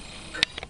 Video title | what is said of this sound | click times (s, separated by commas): How to install a SATA internal hard drive into your DVR | they snap right in there's one | 0.4 s